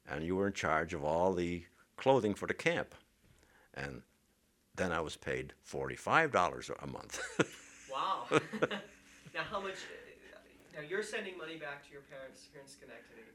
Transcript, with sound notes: and you were in charge of all the clothing for the camp. And then I was paid forty-five dollars a month.
( they laugh ) Wow. Now, how much, now you're sending money back to your parents here in Schenectady.